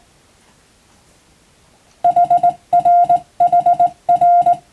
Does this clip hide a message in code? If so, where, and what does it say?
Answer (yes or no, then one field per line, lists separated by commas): yes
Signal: Morse code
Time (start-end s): 2.0-4.5 s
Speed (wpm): 19 wpm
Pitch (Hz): 700 Hz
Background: none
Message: HR HR